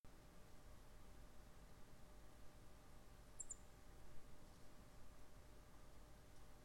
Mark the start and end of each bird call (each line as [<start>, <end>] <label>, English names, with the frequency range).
[3.39, 3.53] Song Thrush (7.0-11.2 kHz)